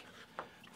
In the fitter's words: firmly attached clicked in place give it a tug to make sure that that's not coming out